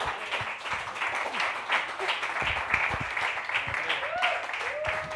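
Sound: audience applause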